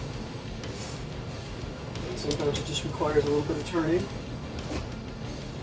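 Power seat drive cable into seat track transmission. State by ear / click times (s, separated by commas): not seated / none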